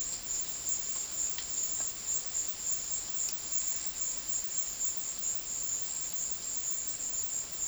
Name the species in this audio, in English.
none